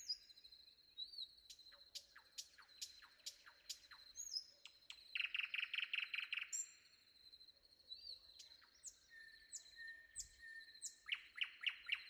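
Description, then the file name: Common nightingale song: spaced sharp notes, a loud pulsing rattle of repeated notes, whistled slurs, then another quick rattle, above a continuous high tone. Sung before dawn. "predawn nightingale"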